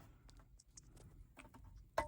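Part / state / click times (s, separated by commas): driver-assist camera onto windshield bracket / seated / 2.0 s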